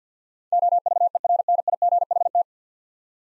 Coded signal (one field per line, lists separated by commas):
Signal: Morse code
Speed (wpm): 50 wpm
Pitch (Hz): 700 Hz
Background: none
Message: OVERNIGHT